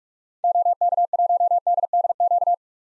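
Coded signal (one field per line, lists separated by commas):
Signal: Morse code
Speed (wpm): 46 wpm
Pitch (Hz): 700 Hz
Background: none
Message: OK1DDQ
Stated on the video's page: Common SOTA activator call signs at 45 wpm for head-copy practice, each sent, then spoken, then sent again.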